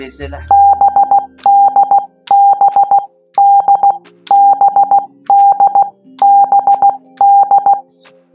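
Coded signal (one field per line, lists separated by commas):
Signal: Morse code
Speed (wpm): 16 wpm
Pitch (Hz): 800 Hz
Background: speech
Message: BDBDBDBD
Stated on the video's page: Morse code learning tips for the letters B and D, practiced with the CW Player app.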